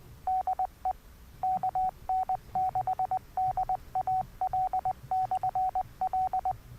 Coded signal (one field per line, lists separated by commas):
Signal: Morse code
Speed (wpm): 20 wpm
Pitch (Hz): 750 Hz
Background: none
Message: DE KN6DAL/L